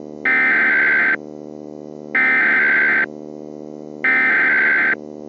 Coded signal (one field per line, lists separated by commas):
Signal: Emergency Alert System (SAME) tones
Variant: header bursts